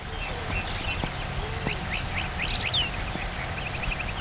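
Lark bunting giving several faint, short slurred call notes, with three louder, sharp high ticks at uneven intervals.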